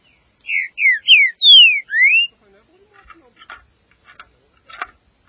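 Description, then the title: Green-winged saltator song: a quick phrase of five clear whistled notes, some slurring down and others sweeping up, followed by soft scattered clicking ticks. "Trinca Ferro"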